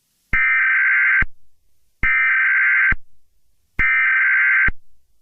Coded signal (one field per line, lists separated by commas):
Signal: Emergency Alert System (SAME) tones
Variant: header bursts